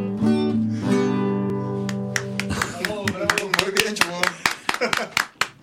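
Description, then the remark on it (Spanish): A sustained sung or chanted voice fades out as a handful of people, including the speaker, begin clapping to make it sound louder, the sharp irregular claps growing louder and more frequent toward the end. “Yo soy uno de los que está aplaudiendo para que se oiga más en la...”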